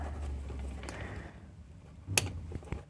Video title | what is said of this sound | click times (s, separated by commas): J'ai reçu les moteurs pour le drone ! #2 | voilà j'ai entendu un petit clic en fait | 2.2 s